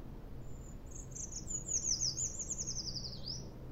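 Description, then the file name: Eurasian treecreeper song: a thin, very high series of notes sliding gradually downward, ending in a brief rising flourish, over a low steady hum. "pelzacz lesny"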